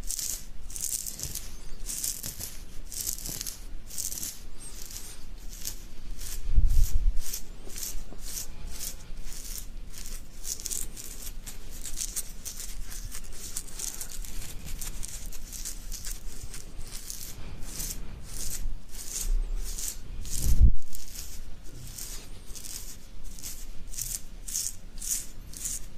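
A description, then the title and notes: Beard scratching: quick, regular bristly rasps, each a short bright burst of scratchy hiss, repeating steadily about twice a second throughout. Low thumps or bumps stand out near 7 seconds and again near 21 seconds, with a quiet, soft rustle underneath. ASMR INSANE BEARD SCRATCHING.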